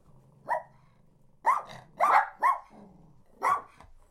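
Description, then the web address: Dog barks come in short clusters of one to three, separated by pauses filled with a low, throaty growl. Small dogs barking and growling. "chienspetitsaboiementsgrognements"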